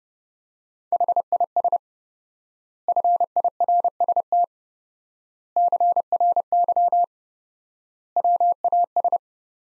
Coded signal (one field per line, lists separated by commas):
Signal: Morse code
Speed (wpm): 32 wpm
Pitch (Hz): 700 Hz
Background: none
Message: HIS FIRST CRY WAS